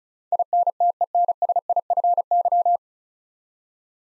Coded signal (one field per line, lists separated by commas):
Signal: Morse code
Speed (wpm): 34 wpm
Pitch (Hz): 700 Hz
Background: none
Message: INTENSIFY